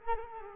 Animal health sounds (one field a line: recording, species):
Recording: mosquito wingbeat signal from an infrared sensor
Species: Culex quinquefasciatus